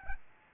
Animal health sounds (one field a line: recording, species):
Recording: mosquito wingbeat signal from an infrared sensor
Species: Aedes albopictus